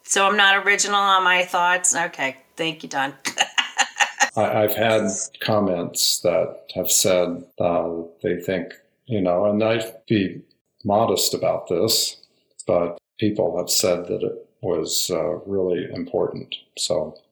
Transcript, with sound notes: so I’m not original on my thoughts, okay, thank you, Don. (laughs).
I’ve had comments that have said, they think, you know, and I’m being modest about this, but people have said that it was really important,